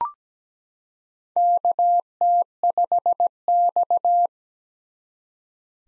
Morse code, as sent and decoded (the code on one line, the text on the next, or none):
-.- - ..... -..-
KT5X